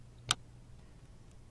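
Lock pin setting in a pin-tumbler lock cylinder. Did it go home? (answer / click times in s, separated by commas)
yes / 0.3 s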